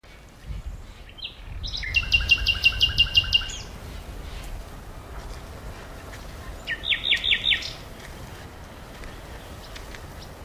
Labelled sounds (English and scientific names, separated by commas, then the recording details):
Common Nightingale (Luscinia megarhynchos) song
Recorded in the wild
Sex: male
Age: adult
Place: Berlin, OT Blankenfelde, Tegeler Fließ, Berlin, DE
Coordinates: 52.6253, 13.3928
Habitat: heath
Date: 1988-04-30 11:00
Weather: sunny, 16-20°C
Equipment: Nagra SN, Kopie Tesla B 116
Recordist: Tembrock, Günter